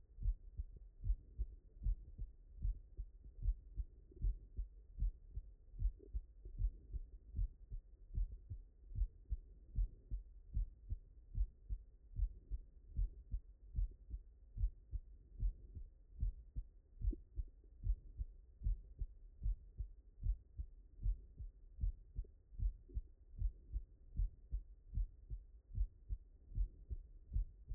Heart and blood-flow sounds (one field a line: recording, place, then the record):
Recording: heart sounds by stethoscope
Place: mitral valve (MV)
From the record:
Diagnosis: non-HFrEF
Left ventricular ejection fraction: 67%